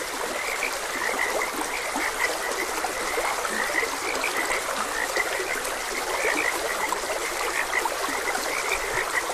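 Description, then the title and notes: Frogs keep up a busy chorus of sharp repeated croaks, with running water hissing beneath. Frogs croaking beside a gentle stream. "Gentle Stream and Frogs Croaking - Calming Sounds of Nature. Sleep and Relaxation Podcast"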